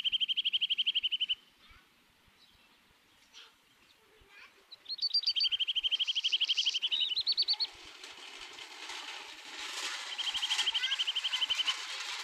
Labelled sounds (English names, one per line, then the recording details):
Eurasian Nuthatch song
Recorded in the wild
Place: Oberstdorf, Bayern, DE
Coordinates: 47.41, 10.2797
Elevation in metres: 803
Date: 1977-03-25
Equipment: Nagra IV, Sennheiser MKH 405, Parabolreflektor
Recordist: Tretzel, Erwin